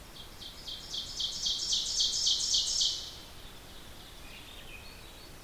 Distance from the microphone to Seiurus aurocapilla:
about 30 m